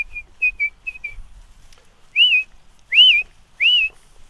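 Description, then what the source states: Song thrush singing clear whistled phrases: a short note repeated several times, then a rising-falling slurred note repeated three times. Singing, repeating one note three or four times before switching to another; partly overcast with sun breaking through, near a pond on a walk in France.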